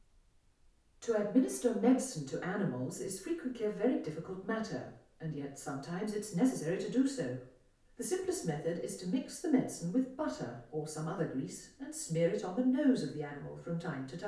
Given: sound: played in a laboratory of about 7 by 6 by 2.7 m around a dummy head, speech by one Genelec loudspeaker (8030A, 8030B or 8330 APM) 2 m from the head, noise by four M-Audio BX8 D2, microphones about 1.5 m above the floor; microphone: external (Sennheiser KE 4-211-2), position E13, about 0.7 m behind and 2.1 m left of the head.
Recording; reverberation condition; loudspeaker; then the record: female speech in English; medium; 60 degrees to the right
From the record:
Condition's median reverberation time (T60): about 510 ms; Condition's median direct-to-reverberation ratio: about -0.5 dB